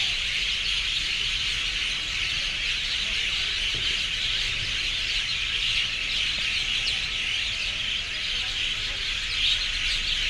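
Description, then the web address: Birds: many screech together in a continuous, high chorus, with a faint steady tone beneath. Urban city ambience; extreme screaming from birds. "City Sounds AMBUrbn Birds, Scream, Extreme"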